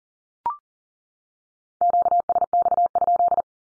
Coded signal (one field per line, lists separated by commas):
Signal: Morse code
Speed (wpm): 40 wpm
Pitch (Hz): 700 Hz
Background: none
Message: QSX?